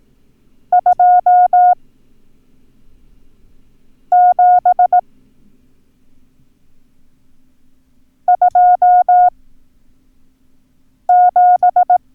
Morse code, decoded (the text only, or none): 2727